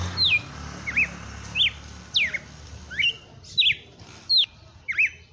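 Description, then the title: Red-cowled cardinal sings loud, clean whistled notes sliding down in pitch, several with a small rising hook, spaced a little over half a second apart over faint hiss. Female bird named Fenrir, singing in the song style called açoite selvagem. "Canto Galo Campina Fêmea 07. Galo de campina FENRIR no AÇOITE SELVAGEM"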